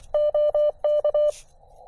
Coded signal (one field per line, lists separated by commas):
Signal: Morse code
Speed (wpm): 23 wpm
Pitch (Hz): 600 Hz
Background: none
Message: OK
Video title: HIDE: POTA/SOTA at Sugar Hill State Forest